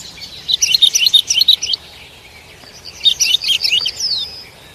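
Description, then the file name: Lark song in two bursts of quick, high, chirping and twittering notes, separated by a short pause. "Bird Lark Sound"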